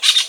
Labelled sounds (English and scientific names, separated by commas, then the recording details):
Brown-throated Parakeet (Eupsittula pertinax) contact call
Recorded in Venezuela
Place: Guárico; Corozopando; Fundo La Fe
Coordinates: 8.506, -67.593